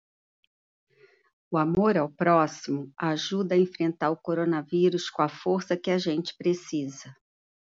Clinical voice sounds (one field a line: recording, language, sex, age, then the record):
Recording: spoken sentence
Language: Brazilian Portuguese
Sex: female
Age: 60 to 69 years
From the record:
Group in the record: control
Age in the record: 61 years